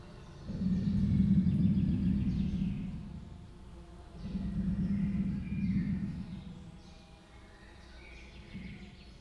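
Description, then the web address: Leopard growling call: two long, low, rasping bouts of about two and a half seconds each, a fainter third one starting near the end, with steady background rumble. Persian leopard at Miskolc Zoo, Hungary, in 2018; title mentions ladies arriving and a professional microphone. "allathangok miskolcizoo 2018 professzionalis perzsa leopard amikrofonesanostenykettose holgyekerkeznek miskolczoo"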